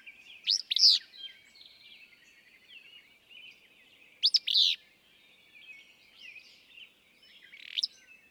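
Willow flycatcher delivering its sharp, sneezy phrase three times, a few seconds apart, over faint high bird twitters.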